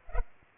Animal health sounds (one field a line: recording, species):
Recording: mosquito wingbeat signal from an infrared sensor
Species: Culex pipiens